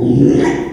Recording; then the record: squeal of a Yucatan mini pig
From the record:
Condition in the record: after surgery on the right vocal fold (resection and tissue-engineered implant); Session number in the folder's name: 3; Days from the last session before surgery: 33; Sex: male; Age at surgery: 12 weeks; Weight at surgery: 13 kg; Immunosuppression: cyclosporine, prednisolone